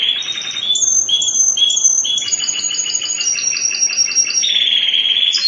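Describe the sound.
Spanish Timbrado canary song: clear whistled notes and metallic rolling trills, each held briefly before shifting pitch, delivered continuously and loudly.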